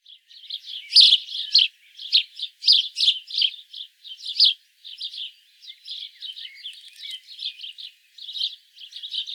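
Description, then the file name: House sparrow giving a busy run of scratchy chirps, louder in the first half, then softer and denser. "Passer domesticus"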